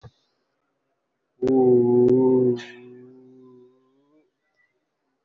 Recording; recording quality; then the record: sustained vowel as in boot; excellent, no background noise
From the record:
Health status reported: COVID-19 positive, moderate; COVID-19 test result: positive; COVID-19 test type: RT-PCR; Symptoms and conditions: cough, sore throat, fever, fatigue, muscle pain, loss of smell and taste, diabetes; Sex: male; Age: 69 years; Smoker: no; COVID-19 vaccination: both doses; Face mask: worn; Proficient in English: yes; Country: India